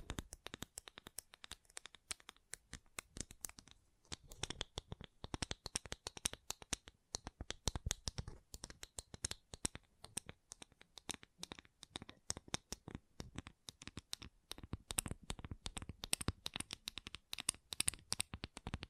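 Gentle tapping runs almost without pause, fast and irregular, made of many crisp, short clicks spread from low thuds to bright ticks. Near the four-second mark there is a brief gap, and the taps grow slightly denser and louder toward the end.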